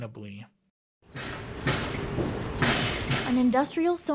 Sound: sewing machine